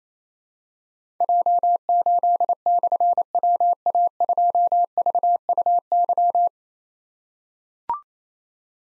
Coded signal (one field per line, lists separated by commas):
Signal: Morse code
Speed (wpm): 27 wpm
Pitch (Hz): 700 Hz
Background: none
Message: J8/WA2VUY